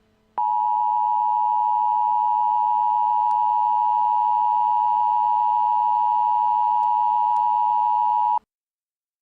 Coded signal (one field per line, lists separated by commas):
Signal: Emergency Alert System (SAME) tones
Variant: 853 and 960 Hz attention tone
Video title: Arrowverse EAS 3:Supergirl 1.19-20